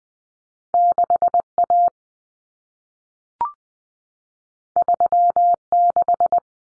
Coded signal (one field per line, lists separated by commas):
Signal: Morse code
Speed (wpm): 20 wpm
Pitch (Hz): 700 Hz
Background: none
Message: 6A 36